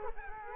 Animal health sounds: mosquito wingbeat signal from an infrared sensor; Culex quinquefasciatus

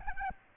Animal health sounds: mosquito wingbeat signal from an infrared sensor; Aedes albopictus

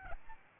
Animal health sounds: mosquito wingbeat signal from an infrared sensor; Aedes albopictus

